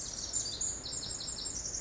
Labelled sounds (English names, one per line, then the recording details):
Pacific Wren
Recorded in Sonoma County, California